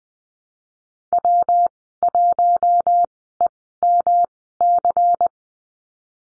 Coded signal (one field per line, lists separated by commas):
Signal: Morse code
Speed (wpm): 20 wpm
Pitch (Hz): 700 Hz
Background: none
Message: W1EMC